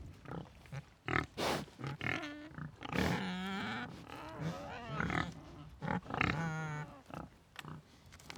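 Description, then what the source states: Pigs squealing and grunting almost continuously, with long wavering shrieks and short harsh bursts overlapping one another. Pigs recorded in the Meuse.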